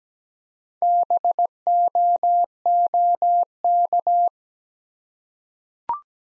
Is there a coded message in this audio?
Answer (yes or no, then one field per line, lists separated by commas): yes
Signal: Morse code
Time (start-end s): 0.8-4.3 s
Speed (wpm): 17 wpm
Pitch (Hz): 700 Hz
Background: none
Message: BOOK